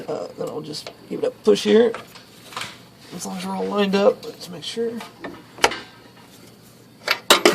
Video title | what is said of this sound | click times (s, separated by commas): VW VolksWagen Type IV Leaky Pushrod Tube Tips | Pops right in place. | 7.3 s